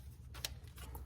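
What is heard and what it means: A plastic wiring harness connector clip is pushed back onto an ignition coil during a Honda Pilot spark plug replacement. One sharp click sounds at 0.5 s over a steady low hum, followed by two fainter ticks. The connector is confirmed seated.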